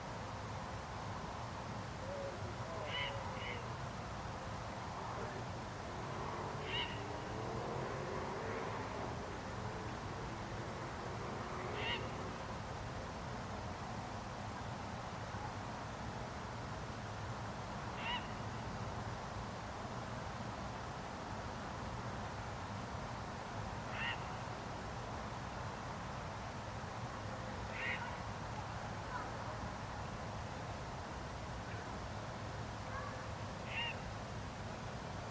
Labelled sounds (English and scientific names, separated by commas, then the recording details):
Grey Heron (Ardea cinerea), engine, unidentified sound
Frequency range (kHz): Grey Heron (Ardea cinerea) 1.1-4.7 kHz
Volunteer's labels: passage moto au loin; saturation HF par orthoptères
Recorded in France